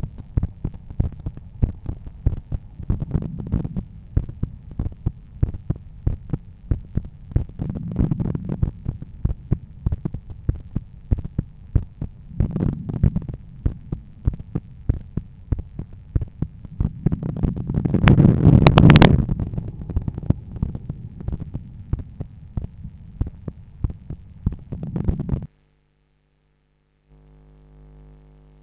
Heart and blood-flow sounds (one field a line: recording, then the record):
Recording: heart sounds by stethoscope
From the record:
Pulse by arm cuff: 94 bpm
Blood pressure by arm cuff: 122/78 mmHg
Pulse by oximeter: 96 bpm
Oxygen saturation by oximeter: 94%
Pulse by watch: 86 bpm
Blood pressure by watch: 126/80 mmHg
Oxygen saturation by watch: 97%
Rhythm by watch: sinus rhythm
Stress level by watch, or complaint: medium stress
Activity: after lunch and office activities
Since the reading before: plus 5000 steps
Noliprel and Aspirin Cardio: after pills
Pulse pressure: 44 mmHg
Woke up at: 7:30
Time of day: 17:22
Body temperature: 36 C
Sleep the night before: 8 h 32 min, score 78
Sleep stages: REM 32%, light 50%, deep 12%, awake 6%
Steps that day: 9500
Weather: sunny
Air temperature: 26.4 C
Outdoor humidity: 49%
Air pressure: 1014 hPa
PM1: 8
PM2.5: 12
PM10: 14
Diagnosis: hypertension, treated with Noliprel and Aspirin Cardio 100 mg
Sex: male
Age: 53 years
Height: 174 cm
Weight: 81 kg